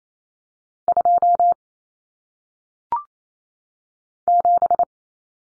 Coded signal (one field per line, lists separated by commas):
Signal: Morse code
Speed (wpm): 28 wpm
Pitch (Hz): 700 Hz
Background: none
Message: 2 7